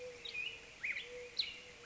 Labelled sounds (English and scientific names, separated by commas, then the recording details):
Mourning Dove (Zenaida macroura)
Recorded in Sonoma County, California